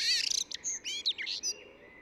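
Eurasian blackbird uttering high, strained twittering notes: a quick buzzy trill opening the phrase, then several squeaky slurred notes trailing off.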